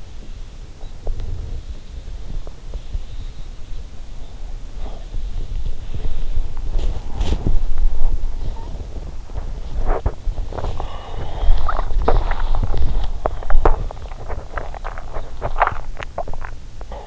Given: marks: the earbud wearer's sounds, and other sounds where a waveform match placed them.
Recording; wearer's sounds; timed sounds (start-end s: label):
sounds in sleep by an in-ear microphone; body movement, swallowing
0.72-17.07 s: body movement
11.65-16.23 s: swallowing